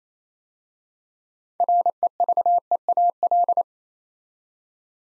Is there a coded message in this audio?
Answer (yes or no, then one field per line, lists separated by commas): yes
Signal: Morse code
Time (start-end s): 1.6-3.6 s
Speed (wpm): 27 wpm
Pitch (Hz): 700 Hz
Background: none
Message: REVEAL